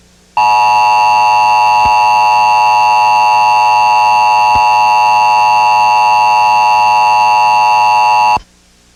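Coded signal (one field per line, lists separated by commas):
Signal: Emergency Alert System (SAME) tones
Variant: 853 and 960 Hz attention tone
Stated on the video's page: Recreated Severe Thunderstorm Warning presented as if issued in 1988 on WIXX.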